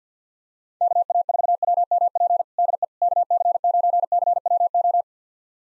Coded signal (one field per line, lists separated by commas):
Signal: Morse code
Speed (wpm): 50 wpm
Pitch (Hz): 700 Hz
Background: none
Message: KA4WMP DE KC9CWO